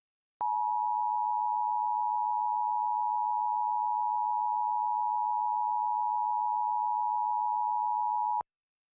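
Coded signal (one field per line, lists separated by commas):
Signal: Emergency Alert System (SAME) tones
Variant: 853 and 960 Hz attention tone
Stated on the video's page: Mock EAS alert, a fan-made simulation rather than a real broadcast.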